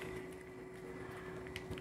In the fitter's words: boom and then you just hear it click now the B battery is snapped in